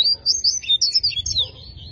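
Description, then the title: Double-collared seedeater song fragment: a quick string of high, sharp, slurred chirps lasting about two seconds. Song in the tui tui style; the bird is described as fibra. "COLEIRO DE GOLA TUI TUI FIBRA"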